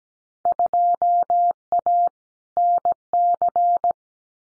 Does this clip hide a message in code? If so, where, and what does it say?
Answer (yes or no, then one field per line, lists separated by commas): yes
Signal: Morse code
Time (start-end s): 0.5-3.9 s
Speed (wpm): 17 wpm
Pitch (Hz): 700 Hz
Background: none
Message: 2A NC